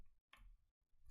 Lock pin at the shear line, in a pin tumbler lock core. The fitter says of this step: lock opens and you get a little click rocking